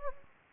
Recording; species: mosquito wingbeat signal from an infrared sensor; Anopheles gambiae